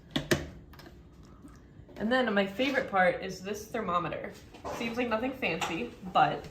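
Two sharp, short clicks at 0.2 s and 0.3 s as the small side clips lock the glass lid onto a Hamilton Beach Digital Programmable Slow Cooker base, one click for each clip, and the lid is snapped shut. Someone then talks.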